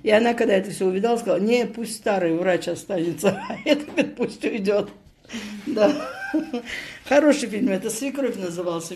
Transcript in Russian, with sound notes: И она, когда это всё увидала, сказала: «Не, пусть старый врач останется, а этот пусть уйдёт». [смеётся] Хороший фильм это, «Свекровь» назывался.